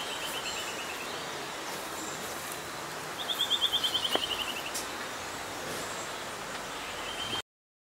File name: Canto do choquinha de asa ferrugem